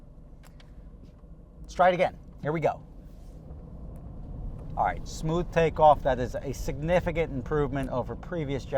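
A seatbelt tongue latches into its buckle in an Aston Martin, with a microphone clipped to the belt, giving two small sharp clicks at 0.5 s and 0.6 s as the belt seats. After a low steady hum, someone talks over the car's running sound.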